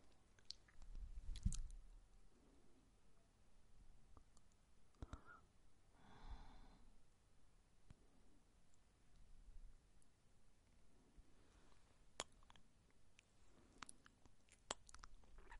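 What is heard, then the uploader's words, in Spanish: A woman makes small mouth sounds: sharp clicks and smacks scattered irregularly, with a cluster near 1–2 seconds and more around 12–14 seconds. Near 6 seconds comes a soft, breathy hum-like sound, and faint low murmurs rise between. 5 Mouth Sounds Para Dormir. Relajantes sonidos con la boca de mujer sensual.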